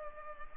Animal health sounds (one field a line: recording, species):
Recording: mosquito wingbeat signal from an infrared sensor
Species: Culex pipiens